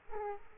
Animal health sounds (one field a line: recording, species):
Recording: mosquito wingbeat signal from an infrared sensor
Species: Aedes aegypti